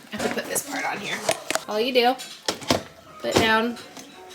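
A blender blade base is handled and put down onto a blender cup while someone talks, with sharp knocks near 2.5 and 2.7 seconds as the part is set down. The clip ends before the base is twisted into place, so nothing has seated or clicked yet.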